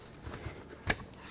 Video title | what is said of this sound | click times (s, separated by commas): How to Replace Coolant Temperature Sensors 1998-2011 Ford Ranger (4.0L V6) | there we go so that's clicked back in place | 0.9 s